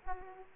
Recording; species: mosquito wingbeat signal from an infrared sensor; Aedes aegypti